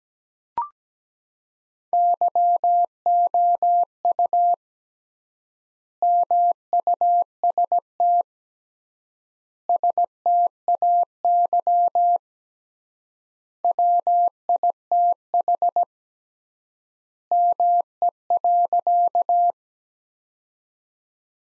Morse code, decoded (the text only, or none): YOU MUST STAY WITH ME.